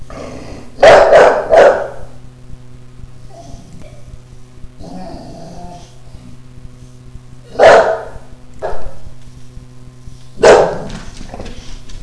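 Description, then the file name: Dog barking: a quick run of three sharp barks at the start, quieter sounds midway, then two more single barks later, over a steady low hum. "Spike Bark"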